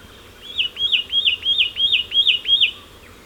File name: Myiagra Cyanoleuca